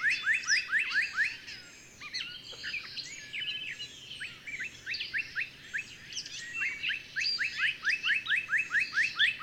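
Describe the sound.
Bird singing quick rising chirps in steady runs, with higher whistles and twitters throughout.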